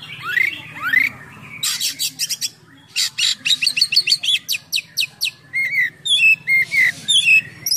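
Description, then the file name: Oriental magpie-robin song opening with two rising whistles, then fast buzzy bursts, rattling trills and clipped whistled notes in quick succession. Full gacor singing with a rich full isian of imitated songs. "KACER GACOR FULL ISIAN MEWAH"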